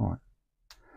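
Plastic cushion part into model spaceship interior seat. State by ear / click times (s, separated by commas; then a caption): seated / 0.7 s. Someone briefly talks, then a plastic cushion piece, glued in place, is pressed into the interior seating of a Star Wars Millennium Falcon model kit. A single sharp click sounds at 0.7 s as the cushion seats properly, giving a nice finish.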